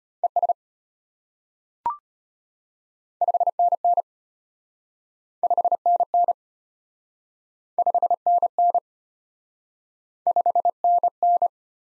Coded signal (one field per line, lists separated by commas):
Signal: Morse code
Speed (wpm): 32 wpm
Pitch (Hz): 700 Hz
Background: none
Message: ES 5NN 5NN 5NN 5NN